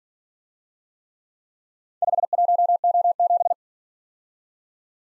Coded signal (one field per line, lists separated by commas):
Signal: Morse code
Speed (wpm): 46 wpm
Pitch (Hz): 700 Hz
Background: none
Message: 51O7